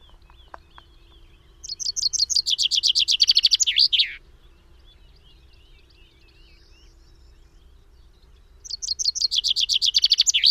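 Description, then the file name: Common chaffinch song: a rapid run of bright descending trill notes ending in a sharp flourish, heard twice about seven seconds apart, with faint other bird notes in between. "Fringilla coelebs"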